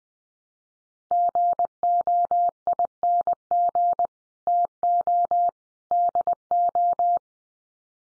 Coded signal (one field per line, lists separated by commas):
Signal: Morse code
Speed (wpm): 20 wpm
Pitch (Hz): 700 Hz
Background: none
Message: GOING TO DO